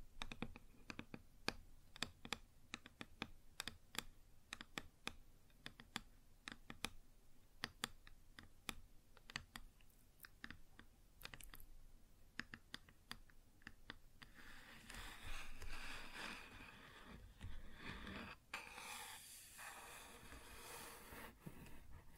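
Sharp, quick taps on a wooden surface come in uneven bursts, dense and rapid like typing, through the first fourteen seconds. Then a rougher, brighter scratching takes over, a continuous rasping stroke with a few more taps mixed in until the end.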